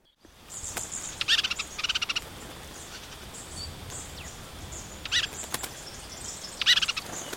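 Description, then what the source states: Robin: a few short bursts of high, rapid notes, with gaps of quiet hiss between. Medley of robin sounds.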